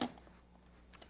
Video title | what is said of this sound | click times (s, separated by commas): March 27, 2021 | and turn to snap into place | 0.9 s